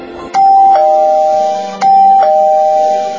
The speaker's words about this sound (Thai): เสียงออดหน้าประตูดังขึ้น